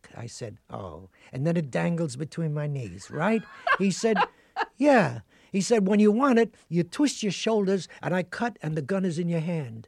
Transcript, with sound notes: I said, oh, and then it dangles between my knees, right?
(Laughing).
He said, yeah. He said, when you want it, you twist your shoulders. And I cut, and the gun is in your hand.